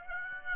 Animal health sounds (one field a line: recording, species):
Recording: mosquito wingbeat signal from an infrared sensor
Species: Aedes aegypti